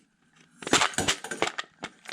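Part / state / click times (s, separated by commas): drum magazine into rifle magazine well / not seated / none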